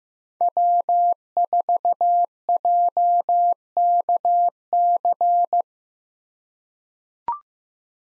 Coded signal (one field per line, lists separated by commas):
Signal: Morse code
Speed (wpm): 15 wpm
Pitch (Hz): 700 Hz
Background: none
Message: W4JKC